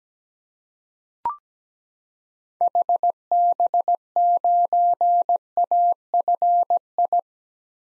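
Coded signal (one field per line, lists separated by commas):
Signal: Morse code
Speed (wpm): 17 wpm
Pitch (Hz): 700 Hz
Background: none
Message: HB9AFI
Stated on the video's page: Morse code drill at 17 wpm of common SOTA activator call signs for head-copy practice, each sent, spoken, then sent again.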